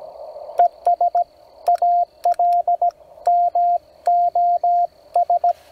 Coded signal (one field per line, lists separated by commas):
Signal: Morse code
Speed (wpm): 17 wpm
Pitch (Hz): 700 Hz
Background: radio noise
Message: ES AL MOS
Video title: Eclipse 2024 We do a CW POTA